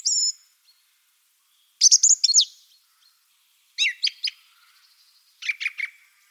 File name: Golosa ptic - Drozd pevchij